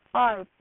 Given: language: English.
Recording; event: throat vibration sensor signal played as sound; speech